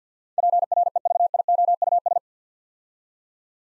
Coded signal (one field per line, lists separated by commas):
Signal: Morse code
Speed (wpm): 46 wpm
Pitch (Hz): 700 Hz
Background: none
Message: PREVIOUS